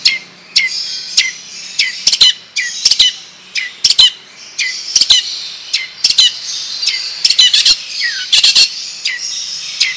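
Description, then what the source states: Long-tailed shrike song: a long run of harsh, scratchy high notes broken by sharp clicks and short whistled slurs, nearly continuous throughout. Long rolling song style (ngerol panjang); bird singing vigorously (gacor).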